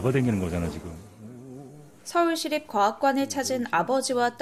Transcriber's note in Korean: 녹취: 체험 현장음